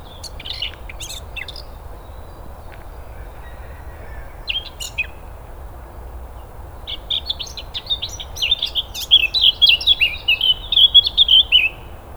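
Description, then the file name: Eurasian blackcap with scattered sharp chirps at first, then a fast, chattering warble that turns into clearer, fluty whistled notes toward the end. "Sylvia atricapilla"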